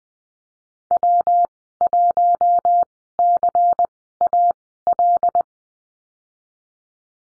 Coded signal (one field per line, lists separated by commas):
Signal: Morse code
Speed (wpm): 19 wpm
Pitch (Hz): 700 Hz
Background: none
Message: W1CAL